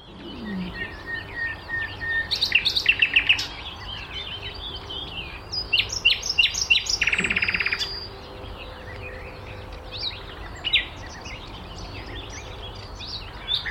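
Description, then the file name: Common nightingale song in varied phrases: rapid repeated clicks, a grating buzzy burst, and scattered whistled notes. "Luscinia megarhynchos"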